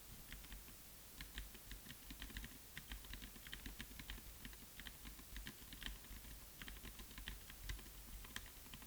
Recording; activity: daily activity, guitar pickup as the sensor; type